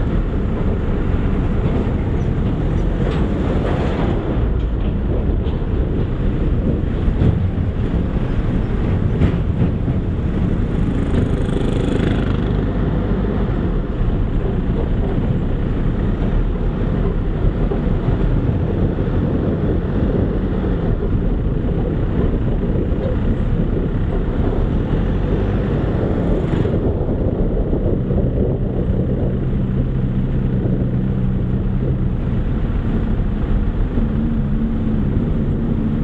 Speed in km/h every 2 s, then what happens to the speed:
18, 18, 15, 13, 10, 12, 13, 15, 17, 20, 22, 22, 26, 23, 18, 17, 18, 16.
0-9 slows to 10. 9-25 speeds up to 26. 25-28 slows to 18. 28-36 steady at about 17.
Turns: none.